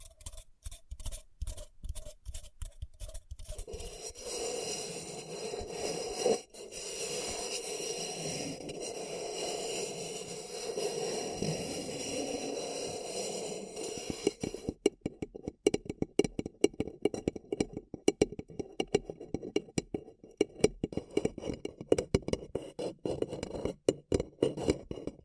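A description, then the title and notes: A paper cup is handled, starting with quick, dense crinkling and tapping. From about four to fifteen seconds the sound turns into a steady rubbing scrape with a low hum underneath. After that, sharp irregular taps and scratches return, fast and crisp. ASMR Deeply Relaxing Paper Cup Tingles 1 Hr (No Talking).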